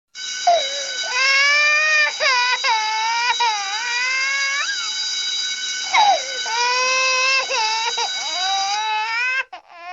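A baby crying: sustained high-pitched wailing with clear tonal cry bands, broken by brief breaths around two, three and six seconds. The cry rises and falls in long drawn-out bursts, typical of an ordinary infant cry.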